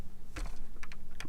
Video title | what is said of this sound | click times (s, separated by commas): Unboxing and review of MP 10 Optimus Prime! | so so it snaps down another one on the other side right here you | 1.2 s